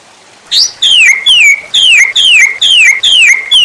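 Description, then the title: White-rumped shama song, a short rising note, then one clear whistle slurring downward, repeated seven times at a steady quick pace, loud and pure. Training recording for cage birds. "MURAI BATU LABAIK"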